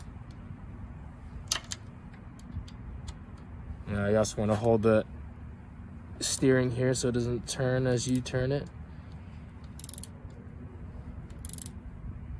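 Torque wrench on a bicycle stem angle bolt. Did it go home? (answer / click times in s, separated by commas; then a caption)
yes / 11.5 s, 11.6 s. A torque wrench tightens the stem angle bolt on a Gazelle Ultimate C8 bicycle while the steering is held still so it doesn't turn. Someone talks, and light ratcheting ticks come near 9.8–10.0 s. The wrench clicks at 11.5 s and 11.6 s, confirming the set torque has been reached.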